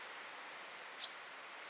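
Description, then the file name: Common chaffinch call: one crisp metallic note with a short ringing tail, preceded by a faint high squeak, over low steady hiss. "Fringilla coelebs"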